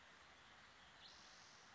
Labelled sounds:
Spotted Towhee (Pipilo maculatus)

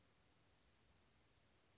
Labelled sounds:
Western Flycatcher (Empidonax difficilis)

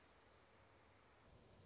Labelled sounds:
Dark-eyed Junco (Junco hyemalis)

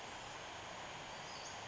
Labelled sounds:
Western Flycatcher (Empidonax difficilis)

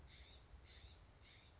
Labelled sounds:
Steller's Jay (Cyanocitta stelleri)

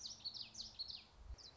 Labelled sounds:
Common Yellowthroat (Geothlypis trichas)

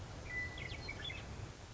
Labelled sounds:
Western Meadowlark (Sturnella neglecta)

